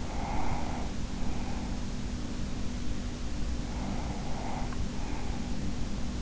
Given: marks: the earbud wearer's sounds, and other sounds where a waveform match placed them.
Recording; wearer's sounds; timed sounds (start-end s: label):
sounds in sleep by an in-ear microphone; breath
0.01-2.28 s: breath
3.80-6.22 s: breath